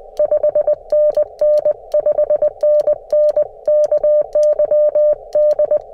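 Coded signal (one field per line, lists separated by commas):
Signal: Morse code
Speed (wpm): 20 wpm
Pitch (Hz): 590 Hz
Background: none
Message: 5NN 5NN KY D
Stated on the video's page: CW Parks on the Air activation with a QMX transceiver running about 3.6 watts.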